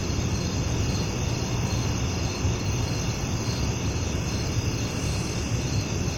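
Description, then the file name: Crickets giving a steady high-pitched chorus over a constant low rumble. Residential daytime country ambience with crickets and grasshoppers together. "Sound Ideas 2000 Series - Residential Daytime Crickets And Grasshoppers, Ambience, Country"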